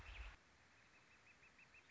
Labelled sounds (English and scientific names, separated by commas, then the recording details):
Northern Flicker (Colaptes auratus)
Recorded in Sonoma County, California